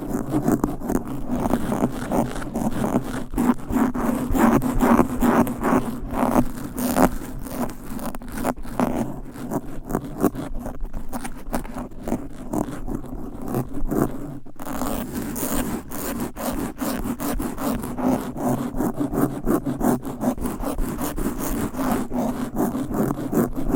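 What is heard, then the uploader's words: Fast, aggressive scratching against a microphone, a dense rasping scrape that runs without a break for the whole stretch. The strokes come in quick, uneven bursts with a steady low rumble underneath, and there is a brief sharp drop-out near the middle. ASMR Fast and Aggressive Mic Scratching.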